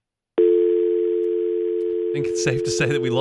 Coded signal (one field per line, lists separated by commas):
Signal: telephone call progress tone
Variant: North America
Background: speech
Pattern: dial tone